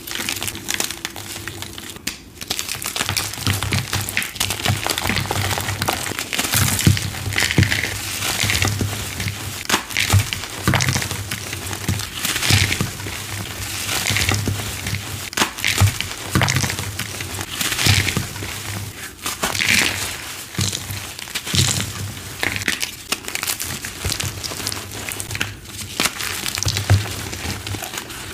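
Gym chalk being crushed in a steady run of dense, crisp crunches and crackles, with a soft low hum underneath throughout.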